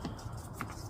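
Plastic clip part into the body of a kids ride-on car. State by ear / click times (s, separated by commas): not seated / none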